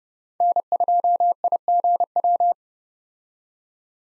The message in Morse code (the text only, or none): N2IGW